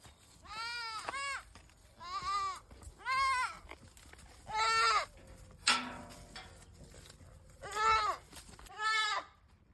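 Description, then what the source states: Goat bleating: several wavering, nasal bleats, with one harsher cry midway. Goat named Pepito.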